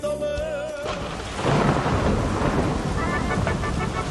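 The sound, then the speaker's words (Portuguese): A short tonal musical snippet gives way to a steady roar of heavy rain and wind at a rodeo, with a louder rumbling surge of thunder building after the first second and continuing through the rest. “Sexta-feira, rodeio, quaresma, chuvarada, ventania, mas tudo pode acontecer.”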